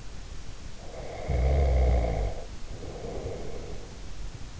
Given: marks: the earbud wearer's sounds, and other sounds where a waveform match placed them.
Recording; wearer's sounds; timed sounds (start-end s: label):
sounds in sleep by an in-ear microphone; snoring breath
0.82-4.05 s: snoring breath